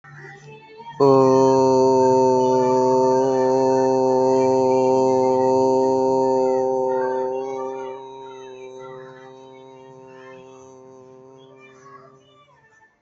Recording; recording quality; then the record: sustained vowel as in boot; excellent, no background noise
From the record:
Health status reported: healthy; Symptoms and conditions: none ticked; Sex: male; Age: 26 years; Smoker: not ticked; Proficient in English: yes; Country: India